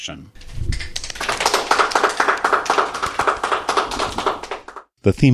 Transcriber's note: applause